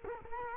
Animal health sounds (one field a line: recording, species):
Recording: mosquito wingbeat signal from an infrared sensor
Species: Culex quinquefasciatus